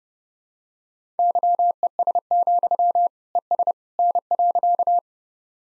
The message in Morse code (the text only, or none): YES, ES N.